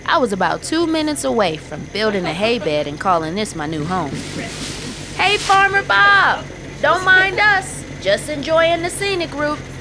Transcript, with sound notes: I was about two minutes away from building a hay bed and calling this my new home. [Tractor grows closer. Dogs barking.] (shouting) Hey, Farmer Bob! Don’t mind us... just enjoying the scenic route.